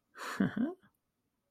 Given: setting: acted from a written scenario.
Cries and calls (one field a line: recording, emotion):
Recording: vocal sound without words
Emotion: pride